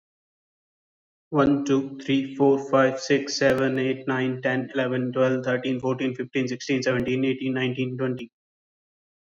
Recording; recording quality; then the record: counting at a fast pace; excellent, no background noise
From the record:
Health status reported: healthy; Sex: male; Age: 31 years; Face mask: not worn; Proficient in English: yes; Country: India